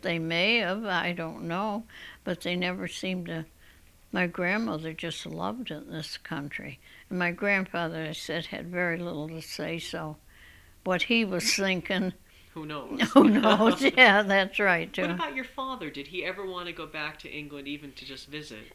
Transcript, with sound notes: They may have, I don't know, but they never seemed to, my grandmother just loved it in this country, and my grandfather had very little to say, so what he was thinking...
Who knows.
Who knows. ( they laugh ) Yeah, that's right, too.
What about your father? Did he ever want to go back to England even to just visit?